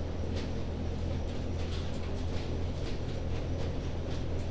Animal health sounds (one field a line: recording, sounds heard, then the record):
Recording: poultry house recording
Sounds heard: no chicken sound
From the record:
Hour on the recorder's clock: 21